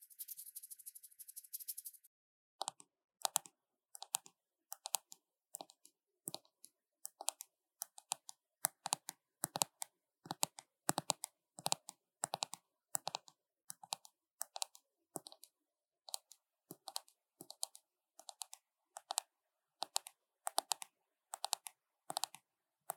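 Makeup tapping: quick, crisp taps come in bursts and short clusters, fairly regular, through most of the clip after a brief bright hiss in the first two seconds. The taps are sharp and clicky with a dry edge, separated by clean silence.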